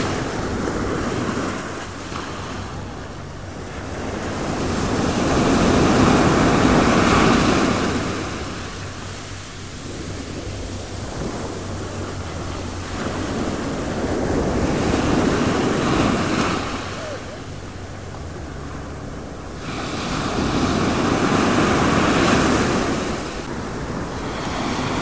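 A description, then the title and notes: Ocean waves roll onto a beach in slow, regular surges, swelling around 6, 14 and 22 seconds before hissing back out. The surf sounds full, with a constant low rumble and some wind buffeting the microphone between breakers. Caribbean Beach. Soothing ocean wave sounds.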